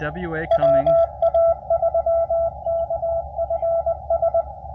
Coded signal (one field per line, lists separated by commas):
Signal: Morse code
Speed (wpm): 20 wpm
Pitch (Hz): 670 Hz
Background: speech, radio noise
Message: WA3KFS